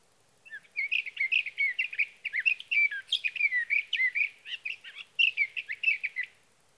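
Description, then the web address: Sage thrasher song: a continuous, fast-paced jumble of warbled and slurred high notes lasting about six seconds in a quiet setting. "birdsongforthecurious Sage Thrasher"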